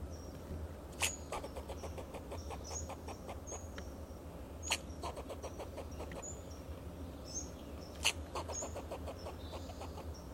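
Fox squirrel chattering in quick pulsed runs, punctuated by loud snapping clicks about every three to four seconds. High bird chirps and low hum are in the background.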